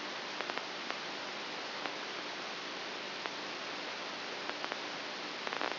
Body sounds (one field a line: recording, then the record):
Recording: brain microelectrode recording played as sound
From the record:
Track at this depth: inside the subthalamic nucleus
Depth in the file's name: 1.04 mm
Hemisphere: right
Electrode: 2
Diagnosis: Parkinson's disease